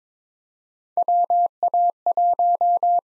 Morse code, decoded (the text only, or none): WA1